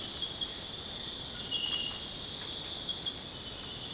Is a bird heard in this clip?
no